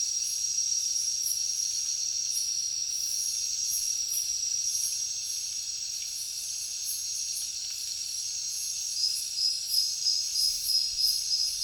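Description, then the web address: Crickets chirping in a dense high chorus; toward the end a pulsed series grows louder. Heavy cricket chorus in a jungle at night. "papadroid sound Nature Jungle Night Heavy Crickets"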